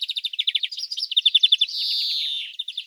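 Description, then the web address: European greenfinch song, rapid trilled twittering notes repeated quickly, then a drawn-out nasal wheeze, followed by more twittering notes. "Carduelis chloris"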